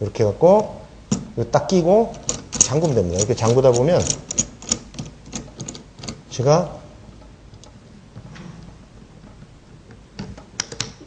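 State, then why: Torque reached. Someone talks while a torque wrench tightens the screw of an adjustable golf club hosel, with short sharp ticks from about 4.4 to 6.0 s as it turns. The wrench then gives its setting click at 10.6 s and 10.8 s, meaning the screw will not tighten any further.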